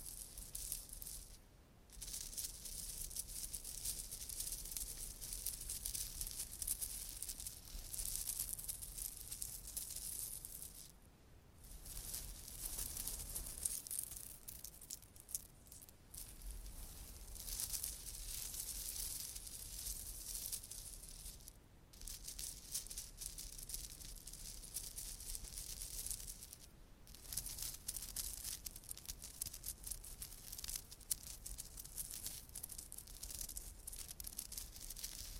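Long nails scratch and tap over a microphone covered in rhinestones, a dense, hissy scraping that fills the treble and runs almost without a break. Short quiet gaps fall near 2, 11, 16, 22 and 27 seconds. A soft rumble sits underneath throughout.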